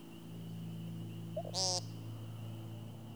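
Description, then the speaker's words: American woodcock giving one short buzzy nasal call, a faint soft note just before it, over a constant low hum. Woodcock landed again about 5 yards away in brush, listeners hiding on soggy ground. "woodcock has landed again. And this time, we're just about 5 yards away, hiding in some brush. Grown adults, kneeling in soggy ground like we're kids"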